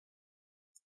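An opening tool inserted 2–3 mm into the gap of a Dell Inspiron 16 5620 laptop's plastic bottom cover is rotated to pry it off. After near silence, a single short, bright click is heard at 0.8 s as a plastic retaining clip on the laptop chassis snaps loose. The clip is released, which is the sound wanted when removing the cover.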